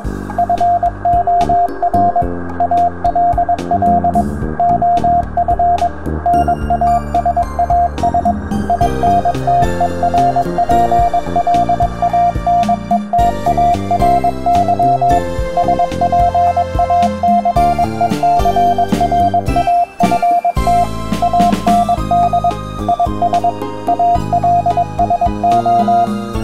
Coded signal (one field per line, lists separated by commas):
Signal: Morse code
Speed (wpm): 22 wpm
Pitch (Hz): 700 Hz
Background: music, radio noise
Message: FOR ALL OF NASAS INTERPLANETARY SPACECRAFT AND IS ALSO